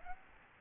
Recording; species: mosquito wingbeat signal from an infrared sensor; Aedes aegypti